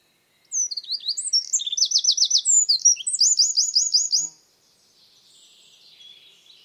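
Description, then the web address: Bird song: high, fast chattering phrase of slurred whistles and a trill of about six rising notes, then quiet hiss after four seconds. "Bird Only"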